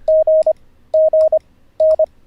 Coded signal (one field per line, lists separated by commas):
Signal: Morse code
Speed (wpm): 24 wpm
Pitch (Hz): 630 Hz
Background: none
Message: G G N